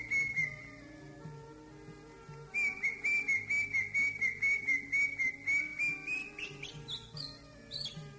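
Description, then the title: Greater green leafbird song: a short high whistle, a pause, then a rapid run of short repeated whistled notes ending in varied chirps, over background noise. "Burung Cucak Ijo"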